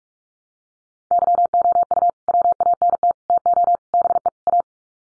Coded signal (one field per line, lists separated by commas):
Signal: Morse code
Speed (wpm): 44 wpm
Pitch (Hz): 700 Hz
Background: none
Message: YOU WANT TO BE A